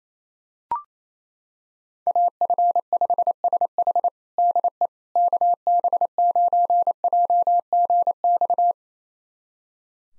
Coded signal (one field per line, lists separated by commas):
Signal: Morse code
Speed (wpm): 27 wpm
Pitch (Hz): 700 Hz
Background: none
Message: AF5SH DE KB9JGX